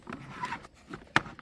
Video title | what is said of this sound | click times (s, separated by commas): VEVOR Kids Kitchen Playset 48PCS, Pretend Play Kitchen with Cooking Stove with Sounds and Light | Everything snaps into place. | 1.2 s